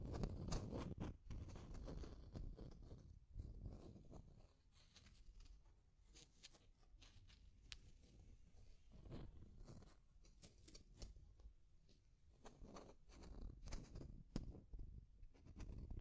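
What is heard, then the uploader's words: Deep scratching comes in uneven bursts of rough, dense rasping, heaviest at the start and again around nine and fourteen seconds, with crisp sharp clicks. ASMR Deep Scratching. (No Talking).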